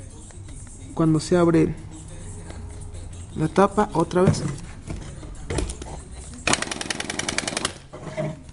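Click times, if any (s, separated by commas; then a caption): 6.5 s, 6.6 s, 6.9 s, 7.4 s, 7.6 s. Someone talks while a capping machine's chuck screws a cap onto a bottle. A series of sharp snaps follows at 6.5, 6.5, 6.6, 6.9, 7.4 and 7.7 seconds as the cap clicks closed under the capping head, showing that the cap is seated and perfectly sealed.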